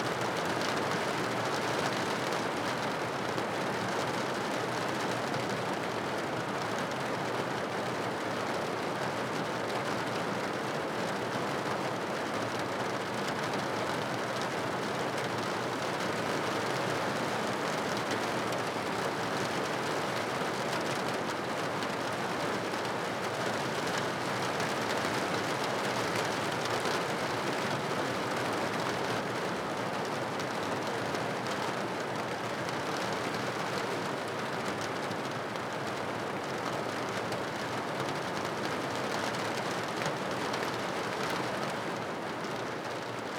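Rain falls against a window in a steady, dense patter that holds at the same level for the whole stretch. The sound is fairly bright, a continuous hiss with a faint low rumble underneath, and no distinct drips or pauses stand out.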